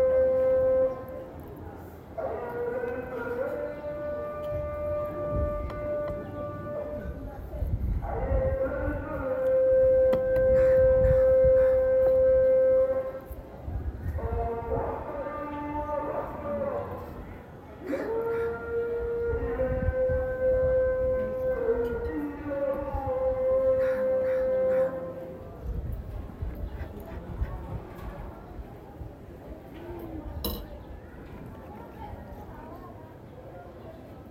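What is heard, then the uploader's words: Sounds of Zanzibar: sustained, wavering tones like voices or animal calls rise and fall in phrases over a rumbling, busy background with scattered knocks. Sounds of Zanzibar. Experience the sounds from the rooftop of the Zanzibar Coffee House.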